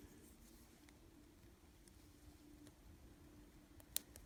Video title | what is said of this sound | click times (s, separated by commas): N scale SD45 Reading cleaning | you will hear it click and | 4.0 s